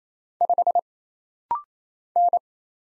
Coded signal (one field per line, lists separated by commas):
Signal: Morse code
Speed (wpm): 27 wpm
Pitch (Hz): 700 Hz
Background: none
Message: 5 N